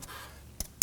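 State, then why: Seated. A wiring harness electrical connector is lined up and pushed onto a new crankshaft position sensor on a 2015-2024 Nissan Murano 3.5L V6. After quiet handling noise, a sharp click comes at 0.6 s and a louder one at 0.8 s as the connector clicks into position and is seated.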